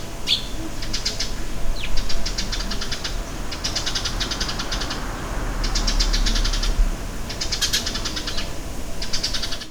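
Bird calls in quick buzzy rattles of about a second, recurring every couple of seconds, with short falling whistles early on; constant low background hum throughout.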